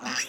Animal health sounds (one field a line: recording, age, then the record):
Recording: pig call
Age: piglet (1 to 25 days)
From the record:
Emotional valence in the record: negative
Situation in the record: short isolation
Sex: male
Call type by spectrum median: high-frequency call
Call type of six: mixed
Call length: 0.29 s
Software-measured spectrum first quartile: 1609 Hz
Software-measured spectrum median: 3109 Hz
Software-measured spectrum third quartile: 5498 Hz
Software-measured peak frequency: 1758 Hz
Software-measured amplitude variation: 126 dB a second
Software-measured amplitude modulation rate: 11.9 a second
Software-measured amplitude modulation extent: 10.6 dB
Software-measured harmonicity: 0.1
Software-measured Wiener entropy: -1.73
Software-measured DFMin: 487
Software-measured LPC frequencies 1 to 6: 1103, 1777, 2680, 4915, 5809, 7776 Hz